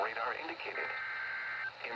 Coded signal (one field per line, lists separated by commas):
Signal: Emergency Alert System (SAME) tones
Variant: header bursts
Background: speech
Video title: EAS Alerts From 6/26/25 (EAS #4865-4932)